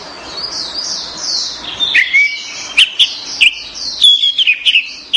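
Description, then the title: Orange-headed thrush song, soft high twitter building into a series of clear, sharp whistled notes repeated in quick bursts. "Anis Merah"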